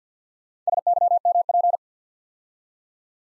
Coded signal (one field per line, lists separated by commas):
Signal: Morse code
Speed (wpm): 52 wpm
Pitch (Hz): 700 Hz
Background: none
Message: SYMP